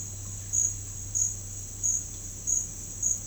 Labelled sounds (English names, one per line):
none